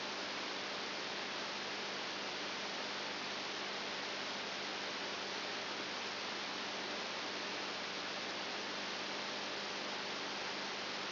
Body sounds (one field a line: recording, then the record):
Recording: brain microelectrode recording played as sound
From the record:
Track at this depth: outside the subthalamic nucleus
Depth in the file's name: 8.5 mm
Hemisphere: right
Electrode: 2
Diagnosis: Parkinson's disease